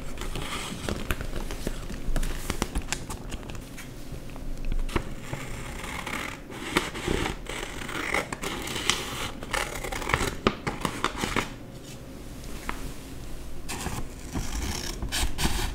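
Paper being cut with scissors and torn or crumpled, producing dense, irregular crackling and snipping bursts throughout, with a faint steady hum underneath.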